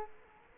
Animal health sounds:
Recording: mosquito wingbeat signal from an infrared sensor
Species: Culex quinquefasciatus

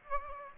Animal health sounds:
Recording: mosquito wingbeat signal from an infrared sensor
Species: Aedes aegypti

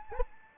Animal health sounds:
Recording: mosquito wingbeat signal from an infrared sensor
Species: Anopheles arabiensis

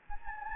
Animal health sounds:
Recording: mosquito wingbeat signal from an infrared sensor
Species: Anopheles gambiae

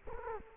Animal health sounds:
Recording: mosquito wingbeat signal from an infrared sensor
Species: Culex quinquefasciatus

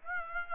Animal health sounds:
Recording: mosquito wingbeat signal from an infrared sensor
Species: Aedes aegypti

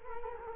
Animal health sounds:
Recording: mosquito wingbeat signal from an infrared sensor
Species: Culex quinquefasciatus

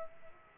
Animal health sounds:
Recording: mosquito wingbeat signal from an infrared sensor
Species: Aedes aegypti

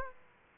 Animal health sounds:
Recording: mosquito wingbeat signal from an infrared sensor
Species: Aedes aegypti

